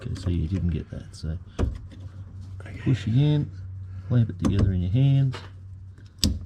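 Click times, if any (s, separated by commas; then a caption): 6.2 s. Someone talks while a fuel line quick-connect coupling is pushed by hand onto the fuel filter spigot of a Clio 182 Cup, with the two halves clamped together. A sharp, positive click sounds at 6.2 s as the connector seats onto the filter.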